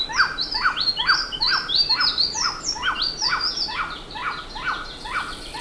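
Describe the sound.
Bird calls: sharp, falling chips repeated roughly twice a second, overlapped by higher squeaky notes from other birds.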